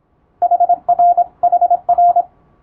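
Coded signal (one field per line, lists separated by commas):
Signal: Morse code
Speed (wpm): 27 wpm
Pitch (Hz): 700 Hz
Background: radio noise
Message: HR HR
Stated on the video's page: Japanese Wabun Morse receiving practice in radiotelegraph operator exam telegram format, with adjustable speed.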